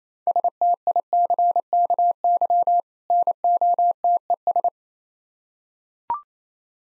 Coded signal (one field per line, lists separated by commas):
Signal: Morse code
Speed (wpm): 27 wpm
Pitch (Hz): 700 Hz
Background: none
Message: STICKY NOTES